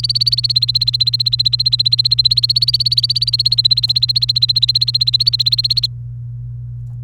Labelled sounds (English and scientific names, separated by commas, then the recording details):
Domestic Canary (Serinus canaria) song
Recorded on 30 April 2018 at 06:58
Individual llb3